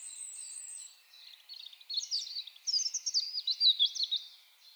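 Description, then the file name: European robin song: a thin high whistle opens, then quick sweeping, sparkling notes build into a busy warble. "Erithacus rubecula"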